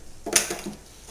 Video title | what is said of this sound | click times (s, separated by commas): Coin Counter CS-2000 Part 1 of 2 Setup and operation | snaps right into place here very | 0.4 s